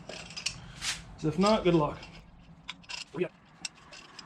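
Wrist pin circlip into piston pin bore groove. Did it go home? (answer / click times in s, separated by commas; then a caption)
partly / 3.6 s. A wrist pin circlip is pressed into its groove in the piston pin bore of a Volkswagen Beetle 1776cc single port engine, with short metallic clicks and scrapes while someone talks. A sharp click at 3.7 s marks the clip going in, but it is not yet fully seated in the groove.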